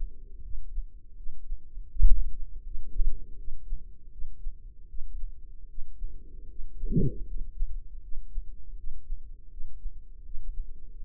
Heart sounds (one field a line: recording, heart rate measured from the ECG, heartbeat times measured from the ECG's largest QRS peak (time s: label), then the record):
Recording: heart sounds by microphone in the left ear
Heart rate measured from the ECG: 80 bpm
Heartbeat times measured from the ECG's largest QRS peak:
0.42 s: heartbeat
1.15 s: heartbeat
1.89 s: heartbeat
2.63 s: heartbeat
3.36 s: heartbeat
4.10 s: heartbeat
4.87 s: heartbeat
5.67 s: heartbeat
6.48 s: heartbeat
7.25 s: heartbeat
8.01 s: heartbeat
8.76 s: heartbeat
9.49 s: heartbeat
10.23 s: heartbeat
10.97 s: heartbeat
From the record:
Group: healthy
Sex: female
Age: 43 years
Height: 160 cm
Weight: 90 kg